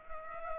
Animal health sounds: mosquito wingbeat signal from an infrared sensor; Culex pipiens

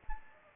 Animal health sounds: mosquito wingbeat signal from an infrared sensor; Anopheles gambiae

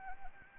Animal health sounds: mosquito wingbeat signal from an infrared sensor; Anopheles gambiae

